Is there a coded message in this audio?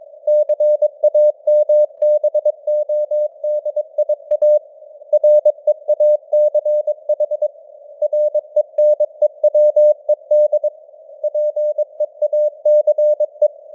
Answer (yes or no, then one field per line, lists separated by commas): yes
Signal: Morse code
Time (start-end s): 0.3-13.5 s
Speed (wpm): 22 wpm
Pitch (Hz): 600 Hz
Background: none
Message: CAMBODIA REACH RENEWED PEACE